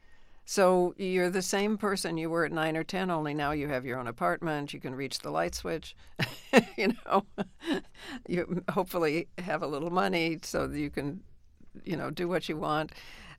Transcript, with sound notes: So you're the same person you were at 9 or 10. Only now you have your own apartment. You can reach the light switch (laughter). You know, you hopefully have a little money so that you can, you know, do what you want.